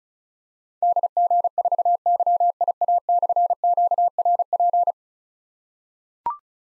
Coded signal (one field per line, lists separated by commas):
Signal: Morse code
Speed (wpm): 36 wpm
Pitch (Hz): 700 Hz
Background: none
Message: DG4YIA/QRP